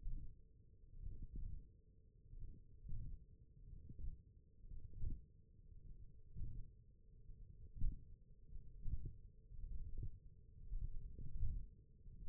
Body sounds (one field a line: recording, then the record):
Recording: forearm muscle sounds (acoustic myography)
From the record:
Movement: wrist extension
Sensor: system 1, eight BSWA MPA416 microphones around the upper forearm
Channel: 4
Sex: male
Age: 21 years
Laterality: right